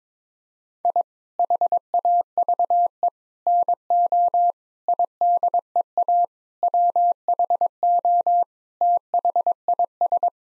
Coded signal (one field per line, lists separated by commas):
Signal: Morse code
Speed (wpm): 22 wpm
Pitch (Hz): 700 Hz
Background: none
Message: I HAVE NO IDEA WHO THIS